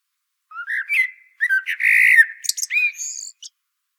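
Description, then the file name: Common blackbird song: rising fluted whistles, then a warbling, slightly harsh middle section and a few high thin squeaks at the close. "Turdus merula"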